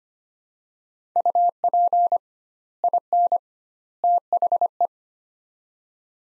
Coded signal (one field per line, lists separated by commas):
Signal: Morse code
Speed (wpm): 25 wpm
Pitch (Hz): 700 Hz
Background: none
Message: UP IN THE